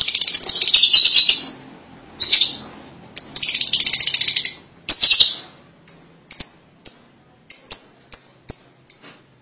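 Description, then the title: Lovebird chattering in harsh, buzzy high bursts, then a run of sharp, clipped chirps repeated about every half second. "BM Suara Burung Lovebird"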